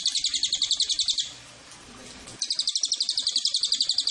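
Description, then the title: A Cililin's high, fast, rattling trill with evenly pulsed notes breaks off for about a second of hiss, then resumes just as steadily. Used as a lure and tutor (pancingan, masteran) to attract the bird. "MASTERAN SUARA BURUNG CILILIN BISA JUGA PANCINGAN CILILIN"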